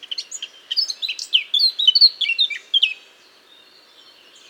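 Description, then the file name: Eurasian blackcap giving a brisk, jumbled warble of sharp chirps and short whistles for about three seconds, followed by quiet. "Sylvia atricapilla"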